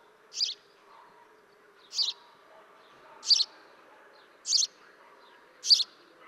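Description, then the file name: House sparrow calling with five clipped chirps, about one every second and a bit, against a quiet background. "Passer domesticus"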